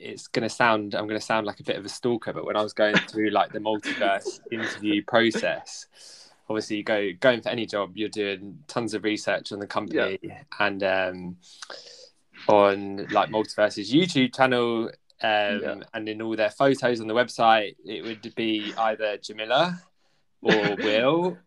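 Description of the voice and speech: An adult man speaks fluently in a relaxed, conversational way, with ordinary pauses, fillers and one self-correction.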